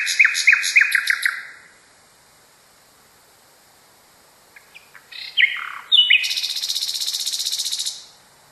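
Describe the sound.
Nightingale song: a few loud sliding chirps, a pause, soft clicks building into whistled notes, then a long fast buzzing trill.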